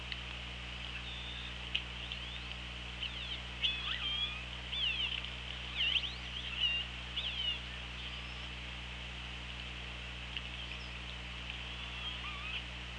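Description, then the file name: Orca calls: a rapid series of faint, sweeping tonal calls, mostly upswept and downswept, clustered in the middle above constant underwater hiss and hum. Recorded on the OrcaLab hydrophone on 24 August 2017 at 15:51. "Orca Lab UTLN JASON 20170824 155132"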